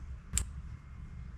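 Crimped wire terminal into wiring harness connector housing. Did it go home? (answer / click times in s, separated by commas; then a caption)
yes / 0.4 s. A crimped blue-green wire terminal, the second one, is pushed into a wiring harness connector housing on an F150. It locks in with a single sharp click at 0.4 s against a low background hum. The terminal is seated, and no one talks during the clip.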